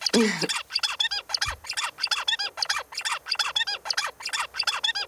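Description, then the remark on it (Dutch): Zebra finch song from a bird whose brain has been chemically manipulated with a drug: a brisk, evenly paced run of about ten buzzy, nasal chirps repeated in a steady rhythm, each with a bright, harsh tone, and no voices over it. “Ja, en dan nu de zebravink, terwijl hun hersenen dus gemanipuleerd zijn door een middeltje.”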